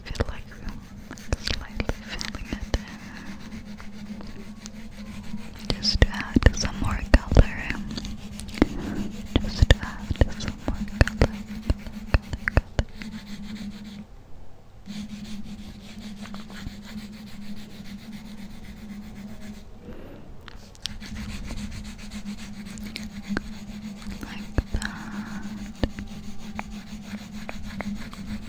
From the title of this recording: tracing, makeup, touching, filling in, whispering